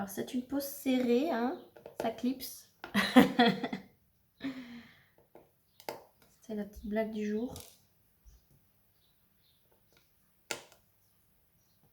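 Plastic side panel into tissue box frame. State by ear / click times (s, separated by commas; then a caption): seated / 10.5 s. A plastic side panel of a diamond-painting tissue box is pushed into the next panel of the box frame while someone talks. It gives a sharp snap at 10.5 seconds and clips into place, seated.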